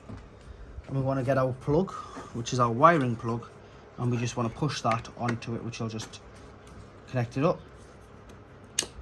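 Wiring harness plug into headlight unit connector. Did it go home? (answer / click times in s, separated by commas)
yes / 8.8 s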